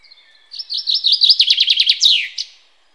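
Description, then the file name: Common chaffinch singing one bright phrase, rattling notes slipping downward in a quickening series, then a swooping terminal flourish and a short extra note. "Fringilla coelebs"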